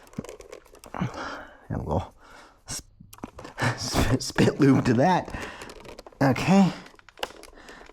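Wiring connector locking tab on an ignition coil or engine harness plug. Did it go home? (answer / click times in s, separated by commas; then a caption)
yes / 7.2 s. A wiring connector, probably an ignition coil plug, is pushed onto its socket on a Jaguar F-Type R engine during reassembly after major cooling upgrades. Someone talks over small handling clicks and rustles, then pushes the locking tab in with a sharp click at 7.2 s. The connector lock is seated and locked into place.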